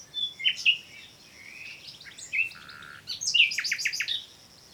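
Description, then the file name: Common nightingale song with varied whistles, a low buzzy note, and a closing series of quick descending notes repeated about five times. "Luscinia megarhynchos"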